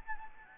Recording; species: mosquito wingbeat signal from an infrared sensor; Anopheles gambiae